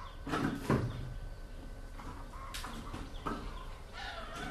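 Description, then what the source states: Chickens calling in short harsh clucks and squawks, with some sharp knocking sounds early on. Chickens recorded in Vietnam in 2019 while travelling.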